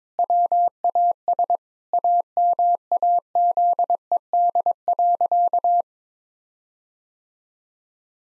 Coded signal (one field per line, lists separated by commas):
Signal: Morse code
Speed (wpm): 22 wpm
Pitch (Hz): 700 Hz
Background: none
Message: WAS AMAZED.